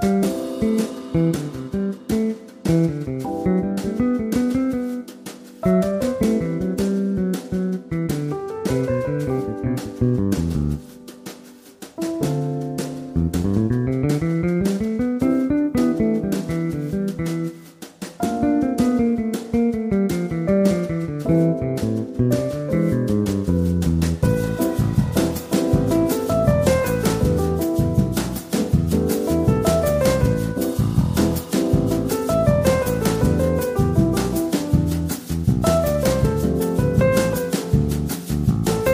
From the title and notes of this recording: Enjoying Coffee in a Latin Cafe! Soothing Sounds!